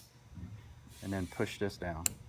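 A white-tabbed plastic Molex power connector is lined up and handled on a fan assembly while someone talks over a steady hiss. Nothing has seated or clicked yet.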